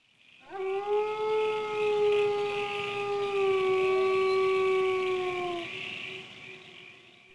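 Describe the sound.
An animal howl: one long tonal wail rising quickly, then held for about five seconds and sliding gently lower before it fades, with rich overtones.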